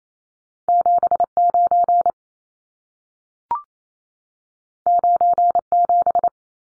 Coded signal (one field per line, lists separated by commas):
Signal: Morse code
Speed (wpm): 28 wpm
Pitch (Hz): 700 Hz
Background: none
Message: 79 97